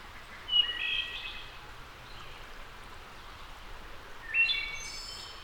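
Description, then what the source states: Wood thrush singing two phrases about four seconds apart, each with liquid fluted notes rising into a shimmering high trill, over steady outdoor hiss. A returning wood thrush singing.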